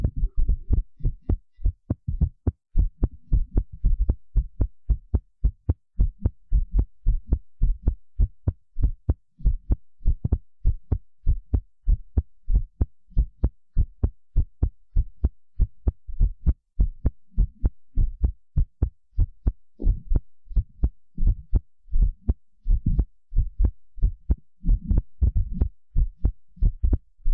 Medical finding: Irregular Fast Heartbeat.